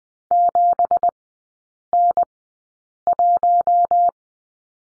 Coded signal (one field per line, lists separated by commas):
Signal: Morse code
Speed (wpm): 20 wpm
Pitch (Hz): 700 Hz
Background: none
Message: 7N1